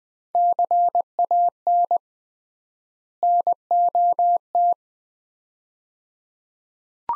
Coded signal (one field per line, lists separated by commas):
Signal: Morse code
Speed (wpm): 20 wpm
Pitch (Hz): 700 Hz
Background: none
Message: CAN NOT